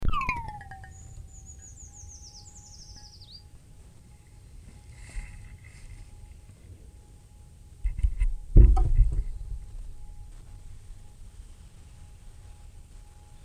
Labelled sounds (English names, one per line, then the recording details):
Eurasian Treecreeper song
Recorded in the wild
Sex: male
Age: adult
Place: Freiburg, Baden-Württemberg, DE
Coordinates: 48.0333, 7.82472
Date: 1960-03-26
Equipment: Maihak MMK 4, Sennheiser MD 82
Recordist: Thielcke, Gerhard
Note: Freiburg, Mooswald, Fichtenstück, Gesang